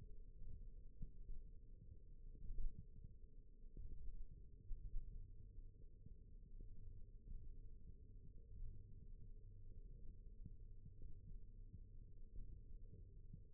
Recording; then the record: forearm muscle sounds (acoustic myography)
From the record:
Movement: thumb flexion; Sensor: system 1, eight BSWA MPA416 microphones around the upper forearm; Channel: 2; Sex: female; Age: 21 years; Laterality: right